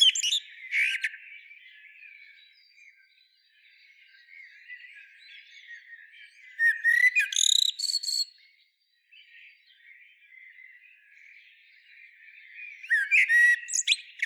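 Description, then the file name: Common blackbird singing short bursts of mixed whistled and twittering notes, the loudest phrases near the start, middle and end, over a steady chatter of other birds. "Turdus merula"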